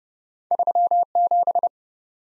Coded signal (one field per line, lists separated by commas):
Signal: Morse code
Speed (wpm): 30 wpm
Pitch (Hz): 700 Hz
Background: none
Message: 37